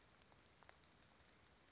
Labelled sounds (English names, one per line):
Western Flycatcher